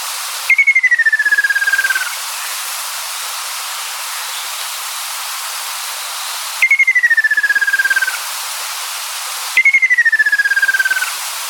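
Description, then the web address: Ruddy kingfisher giving three falling, rattling trills, each roughly one and a half seconds long, against a constant background hiss. "sikioto. akasyoubin"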